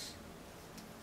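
A folding metal leg of a WT600 Universal Tripod Dolly is handled as it is pulled outward toward its locked open position, with a brief soft hiss at the start and again near 0.8 s over low, steady background noise. Nothing has clicked or locked into place yet.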